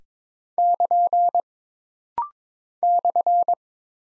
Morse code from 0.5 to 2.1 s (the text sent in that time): <KN>